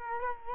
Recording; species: mosquito wingbeat signal from an infrared sensor; Culex quinquefasciatus